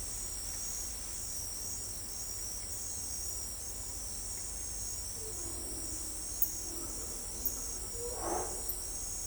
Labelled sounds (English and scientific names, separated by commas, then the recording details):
none
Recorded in pastures near Pivijay, Magdalena, Colombia, on 1 June 2023 at 03:30
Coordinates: 10.456, -74.369
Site P6-G026